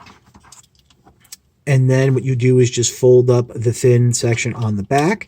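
Someone handles a transforming toy figure, getting ready to fold the thin plastic back panel up into its chest. Faint small handling ticks sound during the first 1.3 seconds, then someone talks for the rest of the clip. Nothing has seated or clicked into place yet.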